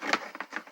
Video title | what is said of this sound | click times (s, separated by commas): The Future Presents 2015 Jakks Pacific Nickelodeon TMNT BIG-FIGS Colossal 48.5" Leonardo Review | the shell just snaps | 0.1 s